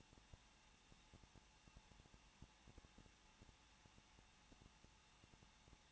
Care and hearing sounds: daily activity, microphone in the room; no activity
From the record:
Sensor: 1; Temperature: 20.1 degrees Celsius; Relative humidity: 39.1%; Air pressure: 1006.4 hPa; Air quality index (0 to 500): 217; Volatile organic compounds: 75 ppm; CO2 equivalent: 3563 ppm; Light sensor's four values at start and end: 1/2/1/1 and 1/2/1/1

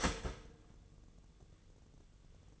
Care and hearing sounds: daily activity, microphone in the room; start toaster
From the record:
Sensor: 4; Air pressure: 1001.0 hPa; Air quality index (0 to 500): 164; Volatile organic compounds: 2 ppm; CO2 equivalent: 1197 ppm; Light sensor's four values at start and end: 20/46/19/20 and 18/42/18/18

